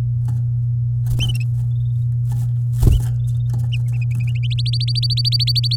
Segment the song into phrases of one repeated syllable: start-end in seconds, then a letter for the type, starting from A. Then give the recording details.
4.58-5.76 A. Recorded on 9 May 2018 at 11:44. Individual llb16